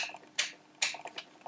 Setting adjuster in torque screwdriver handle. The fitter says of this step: That positive click for locating the actual setting.